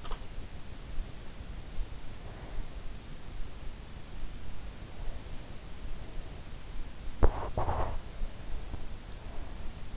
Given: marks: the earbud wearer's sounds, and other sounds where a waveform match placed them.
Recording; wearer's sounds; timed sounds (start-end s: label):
sounds in sleep by an in-ear microphone; teeth grinding
0.00-0.35 s: teeth grinding
7.18-8.12 s: teeth grinding